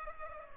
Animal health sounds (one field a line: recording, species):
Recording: mosquito wingbeat signal from an infrared sensor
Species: Culex pipiens